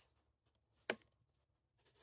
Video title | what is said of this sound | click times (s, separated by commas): FOIL eFoil Battery: Charging and More | here the click | 0.9 s